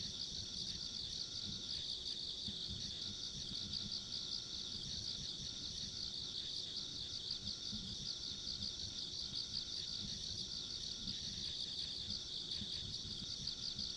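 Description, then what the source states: Insect chorus of continuous shrill, finely pulsed trilling that never pauses, over faint low-pitched background rumble. Ambient insect sounds recorded along a rural country road.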